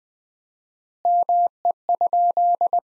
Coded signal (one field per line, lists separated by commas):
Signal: Morse code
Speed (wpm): 20 wpm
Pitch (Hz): 700 Hz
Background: none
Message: ME?